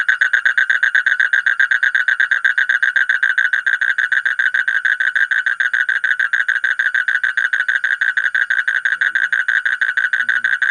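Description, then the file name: Asian common toad giving a steady, rapid train of short pulsed croaks, unbroken and fairly even in loudness throughout. "suara kodok bangkong kolong kodok buduk"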